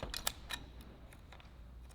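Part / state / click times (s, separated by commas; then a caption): sending unit bracket into fuel hanger / not seated / none. A billet aluminum sending unit bracket for a Radium Engineering GTR fuel hanger is handled and lined up on two slots to be clipped in. Short, sharp plastic-and-metal ticks are heard at about 0.2, 0.3 and 0.5 s, followed by quiet handling. Nothing has seated or clicked into place yet.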